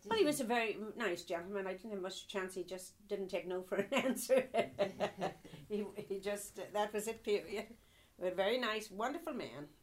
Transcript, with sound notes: Oh, he was a very nice gentleman. I didn't give him much chance, he just didn't take no for an answer. (laughs) He wa-, he just, that was it, period. But very nice, wonderful man.